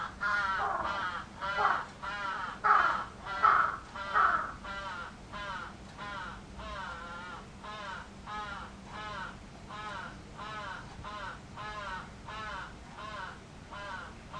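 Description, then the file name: Crow giving repeated harsh caws, loud and ragged at first, then a softer, even string of caws roughly every three-quarters of a second, with low hum beneath. Recorded 11 July 2011. "karasu 110711 0823"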